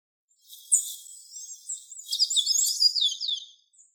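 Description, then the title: Golden-chevroned tanager song: a high, thin, squeaky twittering run of rapid sibilant notes, softer at first, then a denser, louder burst of chattering for about one and a half seconds. "Sanhaçu-de-encontro-amarelo"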